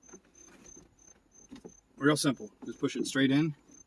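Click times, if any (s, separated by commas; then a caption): none. A plastic cabin air filter cartridge for a 2006–2011 Honda Civic is being pushed straight into its HVAC housing behind the glove box, with faint handling rustles and a steady high-pitched tone in the background while someone talks. The clip ends before the cartridge goes home, so nothing has seated or clicked yet.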